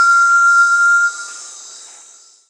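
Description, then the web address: Brazilian tinamou giving a steady, pure whistled note on one pitch that holds for about a second, then fades away, with a faint high hiss above. Recorded in Peru. "Birds of the Amazon 1. Brazilian Tinamou (Crypturellus strigulosus), Peru"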